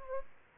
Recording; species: mosquito wingbeat signal from an infrared sensor; Aedes albopictus